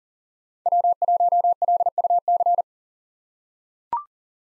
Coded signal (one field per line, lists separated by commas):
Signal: Morse code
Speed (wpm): 40 wpm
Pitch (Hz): 700 Hz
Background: none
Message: W1LUC